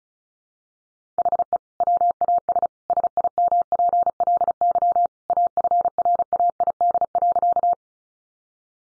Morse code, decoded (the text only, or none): HE WAS SIMPLY AFRAID.